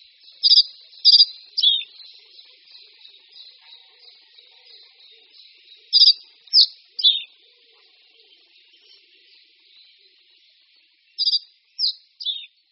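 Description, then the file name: Common reed bunting song: short phrases of three abrupt chirpy notes, the last falling, repeated about every five seconds. "Strnad-rákosní"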